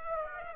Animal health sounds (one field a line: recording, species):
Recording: mosquito wingbeat signal from an infrared sensor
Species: Aedes aegypti